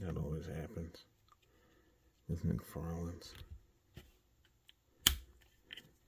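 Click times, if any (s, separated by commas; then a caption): 5.1 s. A plastic part of an action figure is pushed into the figure's socket during assembly while someone talks. It goes in with a sharp, audible snap at 5.1 s, and the part is seated.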